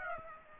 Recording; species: mosquito wingbeat signal from an infrared sensor; Aedes aegypti